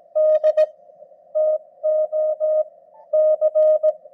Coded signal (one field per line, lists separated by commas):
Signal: Morse code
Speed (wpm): 19 wpm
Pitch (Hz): 620 Hz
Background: none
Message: DTOC